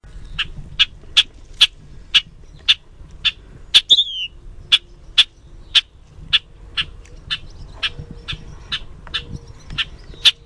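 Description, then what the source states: Bobolink repeating a sharp, clipped metallic call note about twice a second, with one brief twangy falling note partway through. Calls and song.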